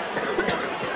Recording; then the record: coughing mixed with background sound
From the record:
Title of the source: 30 Chesty and wet cough